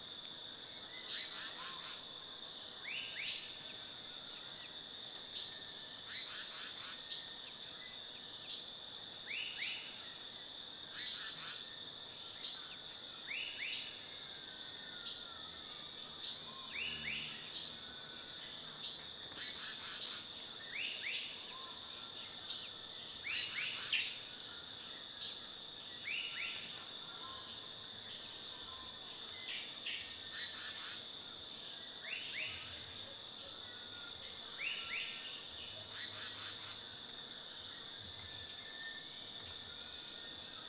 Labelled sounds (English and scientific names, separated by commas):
Black-headed Paradise-flycatcher (Terpsiphone rufiventer)